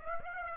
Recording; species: mosquito wingbeat signal from an infrared sensor; Aedes aegypti